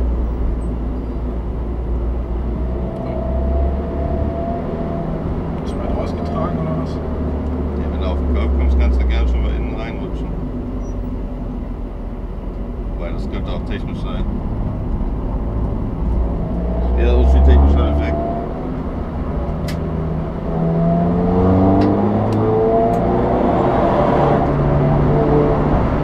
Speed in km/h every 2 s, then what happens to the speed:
36, 41, 51, 48, 40, 30, 27, 31, 38, 49, 56, 66, 74.
0-5 speeds up to 51. 5-11 brakes to 27. 13-26 speeds up to 74.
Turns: none.